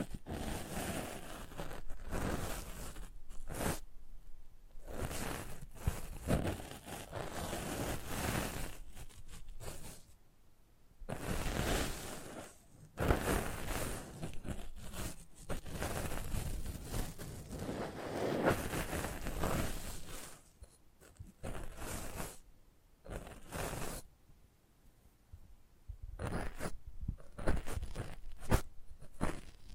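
Close-up mic handling: irregular bursts of rustling and scraping come and go, with brief quiet gaps and sharp bright hits throughout.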